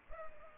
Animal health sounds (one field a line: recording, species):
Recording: mosquito wingbeat signal from an infrared sensor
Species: Culex pipiens